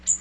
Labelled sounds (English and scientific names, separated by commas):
Magnolia Warbler (Setophaga magnolia) flight call